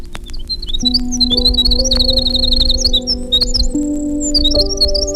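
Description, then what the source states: Winter wren singing a fast, high cascade of bright notes, repeated couplets and trills throughout, with steady low tones humming beneath. Song with silvery cadences, couplets and trills, longer but less varied than Bewick's wren song.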